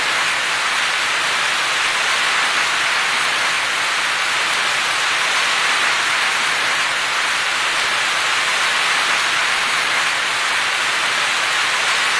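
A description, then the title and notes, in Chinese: Heavy rain pours down in a dense, unbroken hiss that holds steady for the whole stretch, with no pauses or swells. The sound sits mostly in the bright middle and upper range, with little low rumble and no distinct drops or other sounds standing out. 大自然的声音_大雨。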